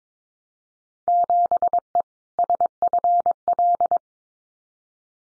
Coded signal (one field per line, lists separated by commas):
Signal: Morse code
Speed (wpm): 22 wpm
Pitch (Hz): 700 Hz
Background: none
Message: 7E SFL